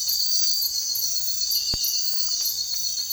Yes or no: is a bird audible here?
no